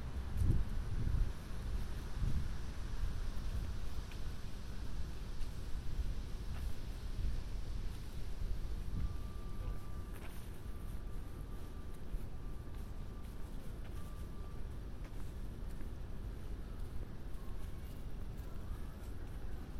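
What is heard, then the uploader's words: Walking up Broadway on a rainy night, with a deep, continuous rumble of traffic and wind buffeting throughout. The gusts thump hardest in the first few seconds, then settle into a steady wash. A faint, thin tone comes and goes between about nine and fifteen seconds. A binaural field recording, walking up Broadway to the store and back. It was a rainy night, I had an umbrella, but there still is some wind noise in this recording.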